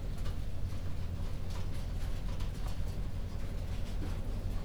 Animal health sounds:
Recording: poultry house recording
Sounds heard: no chicken sound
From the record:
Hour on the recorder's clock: 0

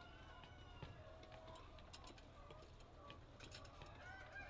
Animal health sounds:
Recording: poultry house recording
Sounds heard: healthy chickens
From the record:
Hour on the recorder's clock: 6

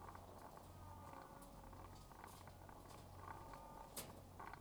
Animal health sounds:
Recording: poultry house recording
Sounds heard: sick chickens (respiratory disease)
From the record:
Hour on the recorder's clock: 12

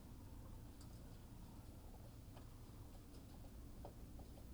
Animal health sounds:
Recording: poultry house recording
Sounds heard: healthy chickens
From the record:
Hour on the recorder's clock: 18

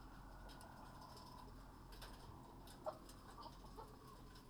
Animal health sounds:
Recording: poultry house recording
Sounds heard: healthy chickens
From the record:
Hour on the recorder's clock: 19

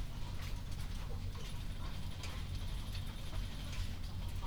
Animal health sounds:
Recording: poultry house recording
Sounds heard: healthy chickens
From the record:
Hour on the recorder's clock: 22

